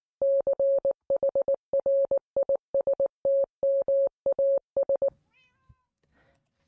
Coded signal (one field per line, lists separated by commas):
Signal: Morse code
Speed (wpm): 19 wpm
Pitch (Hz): 550 Hz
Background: none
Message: CHRISTMAS